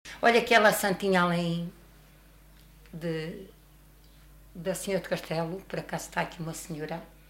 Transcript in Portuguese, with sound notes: Olhe, aquela santinha além, [pausa] de [pausa] da Senhora do Castelo… Por acaso, está aqui uma senhora,